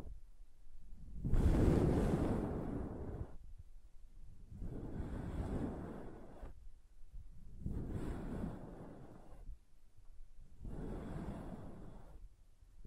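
Crayon drawing, heard as four long, rough scraping strokes, each lasting about two seconds, separated by brief pauses. The first stroke is the loudest and heaviest, with a low rumbling edge; the later three are softer, with a dry, grainy rasp.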